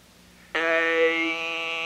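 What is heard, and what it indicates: A handheld Servox electrolarynx, a battery-driven electromechanical oscillator about 7 inches long, is held against the neck near the Adam's apple and switched on. After a short quiet moment it gives a sudden steady, buzzy electrolarynx tone with rich harmonics that holds to the end.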